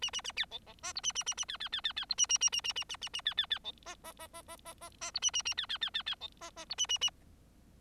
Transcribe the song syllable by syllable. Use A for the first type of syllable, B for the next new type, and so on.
A A B C C D E A A A A B B B B B E A A A A A A A A A B B B C D D D D D D D D E A A A B B B B B C D D E A A A